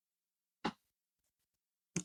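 An integrated circuit chip, with its reference notch lined up to its socket on a Commodore 64 board, is pressed into the socket. Two short, sharp clicks are heard at 0.7 s and 2.0 s, with near silence between them. The chip ends up seated and fits perfectly.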